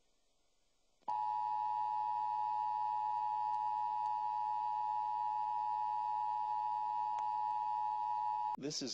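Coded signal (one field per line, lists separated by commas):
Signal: Emergency Alert System (SAME) tones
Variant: 853 and 960 Hz attention tone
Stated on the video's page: Fake EAS break-in simulating a nuclear attack.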